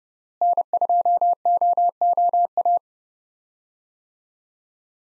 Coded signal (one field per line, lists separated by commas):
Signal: Morse code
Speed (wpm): 30 wpm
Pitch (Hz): 700 Hz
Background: none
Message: N2OOA